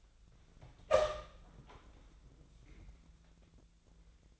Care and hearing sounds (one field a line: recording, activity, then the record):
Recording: daily activity, microphone in the room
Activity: open door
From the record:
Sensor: 3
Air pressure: 1000.4 hPa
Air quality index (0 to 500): 170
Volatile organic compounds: 3 ppm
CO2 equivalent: 1481 ppm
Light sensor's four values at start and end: 13/32/13/14 and 13/32/13/14